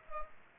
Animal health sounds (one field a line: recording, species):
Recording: mosquito wingbeat signal from an infrared sensor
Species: Culex pipiens